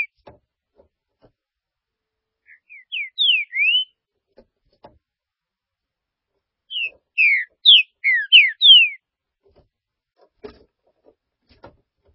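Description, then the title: Green-winged saltator song: two phrases of loud, slurred whistles, the second longer, with faint clicks and taps in between. "Trinca Ferro"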